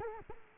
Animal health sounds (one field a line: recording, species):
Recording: mosquito wingbeat signal from an infrared sensor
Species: Culex quinquefasciatus